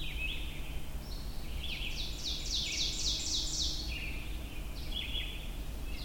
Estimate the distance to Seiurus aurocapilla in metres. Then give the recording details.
about 25 m. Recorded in boreal forest in Alberta, Canada, on 23 June 2016 at 05:17. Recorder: SongMeter 3, array SBT-6-76. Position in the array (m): 139 m, 99 m. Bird 3